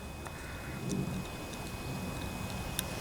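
A metal float hinge pin is pushed into the plastic tabs of a carburetor body on a Tecumseh 11-horsepower engine from a Coleman Powermate generator that sat too long. Soft handling noise and a low background rumble with a faint tick at 0.9 s continue through the fiddling until a sharp click at 2.8 s, when the pin pops into place and seats.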